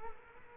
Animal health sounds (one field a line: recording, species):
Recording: mosquito wingbeat signal from an infrared sensor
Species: Culex quinquefasciatus